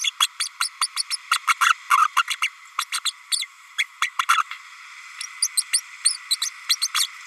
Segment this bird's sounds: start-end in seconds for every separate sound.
0.20-0.27, 0.39-0.48, 0.60-0.69, 0.81-0.87, 0.96-1.03, 1.10-1.16, 1.31-1.39, 1.47-1.53, 1.60-1.73, 1.90-1.97, 2.16-2.22, 2.27-2.36, 2.42-2.49, 2.78-2.84, 2.92-3.00, 3.04-3.12, 3.31-3.46, 3.78-3.83, 4.01-4.09, 4.18-4.25, 4.28-4.43, 5.42-5.48, 5.57-5.64, 5.72-5.82, 6.04-6.18, 6.30-6.36, 6.41-6.50, 6.69-6.76, 6.81-6.87, 6.94-7.08